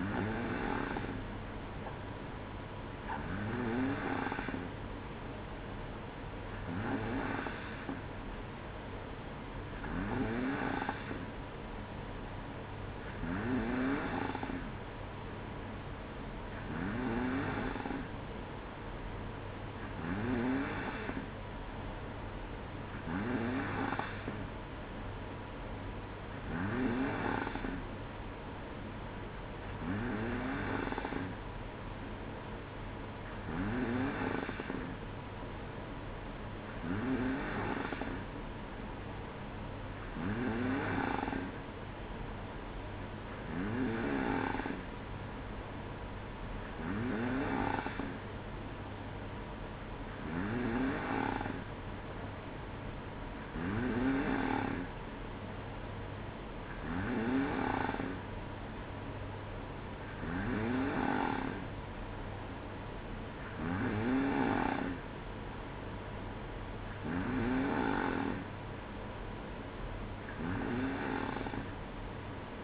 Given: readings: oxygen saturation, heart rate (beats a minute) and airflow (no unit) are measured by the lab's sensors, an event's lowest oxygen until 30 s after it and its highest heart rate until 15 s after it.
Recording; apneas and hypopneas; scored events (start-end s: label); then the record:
breathing in sleep by a voice recorder at the bedside; none
none scored
From the record:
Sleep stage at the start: N2 (light sleep); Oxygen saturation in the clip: 93 to 94%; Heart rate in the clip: 59 to 63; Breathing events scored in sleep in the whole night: 305 in 9.6 hours asleep